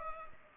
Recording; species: mosquito wingbeat signal from an infrared sensor; Culex pipiens